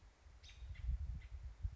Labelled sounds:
American Robin (Turdus migratorius)
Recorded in Sonoma County, California

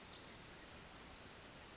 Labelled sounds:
Pacific Wren (Troglodytes pacificus)
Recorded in Sonoma County, California

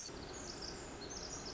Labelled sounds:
Pacific Wren (Troglodytes pacificus)
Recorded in Sonoma County, California

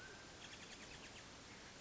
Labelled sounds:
Mountain Quail (Oreortyx pictus)
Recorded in Sonoma County, California

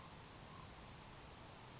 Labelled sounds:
Grasshopper Sparrow (Ammodramus savannarum)
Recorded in Sonoma County, California

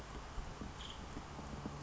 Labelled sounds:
Nuttall's Woodpecker (Dryobates nuttallii)
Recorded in Sonoma County, California

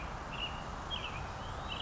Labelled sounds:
American Robin (Turdus migratorius)
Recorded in Sonoma County, California

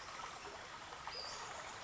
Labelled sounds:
Western Flycatcher (Empidonax difficilis)
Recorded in Sonoma County, California

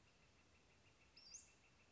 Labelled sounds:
Northern Flicker (Colaptes auratus)
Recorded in Sonoma County, California

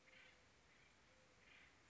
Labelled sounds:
Acorn Woodpecker (Melanerpes formicivorus)
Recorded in Sonoma County, California

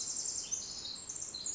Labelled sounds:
Pacific Wren (Troglodytes pacificus)
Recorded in Sonoma County, California

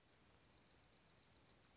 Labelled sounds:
Dark-eyed Junco (Junco hyemalis)
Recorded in Sonoma County, California

